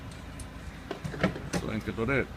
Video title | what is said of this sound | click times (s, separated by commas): tanka spolvätska | är det viktigt att stänga lcket så det klickar klickar i på ett bra sätt | 1.2 s